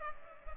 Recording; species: mosquito wingbeat signal from an infrared sensor; Culex pipiens